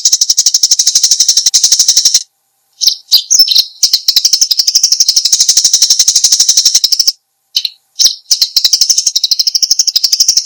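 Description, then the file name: Eurasian tree sparrow chirping in long runs of quick, high notes, broken by short pauses and a few sharper, twittering chips. "suara burung gereja"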